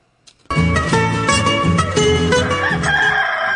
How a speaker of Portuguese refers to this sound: O galo já cantou, dia não demora.